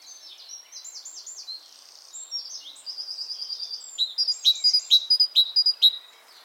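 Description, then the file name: Great tit calls: varied chirps and a buzzy rattle, then a rapid series of sharp, bright notes in the final seconds. "Parus major"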